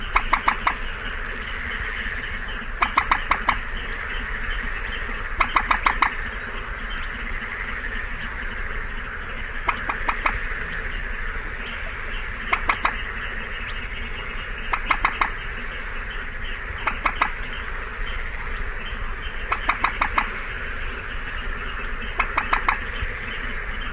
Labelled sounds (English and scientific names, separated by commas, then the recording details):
Common Moorhen (Gallinula chloropus) call
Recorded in the wild
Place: Kützerhof, Kummerower See, Mecklenburg-Vorpommern, DE
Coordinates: 53.8564, 12.8603
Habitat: wetland
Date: 2009-05-26
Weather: schwacher Wind aus Ost, klarer Himmel, ca. 15°C
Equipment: Sound Devices 702, Sennheiser MKH 70, Rycote Windschutz
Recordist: Frommolt, Karl-Heinz